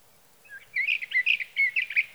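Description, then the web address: Sage thrasher warbling, a quick string of varied whistled and burry notes rising and falling in pitch. "birdsongforthecurious Sage Thrasher"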